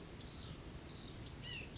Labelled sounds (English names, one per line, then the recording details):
White-breasted Nuthatch
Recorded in Sonoma County, California